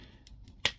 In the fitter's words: There's a tab here that'll click in right there.